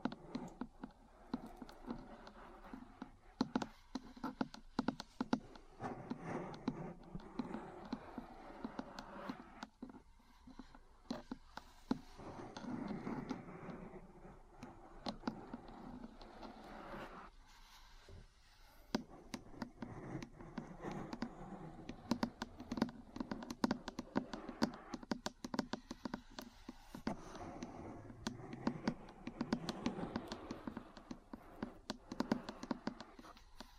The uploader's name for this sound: Metal Parts Tapping & Scratching